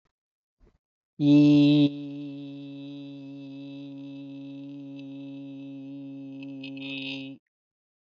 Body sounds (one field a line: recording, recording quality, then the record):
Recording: sustained vowel as in beet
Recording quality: excellent, no background noise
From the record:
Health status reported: healthy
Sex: male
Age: 44 years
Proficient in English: yes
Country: India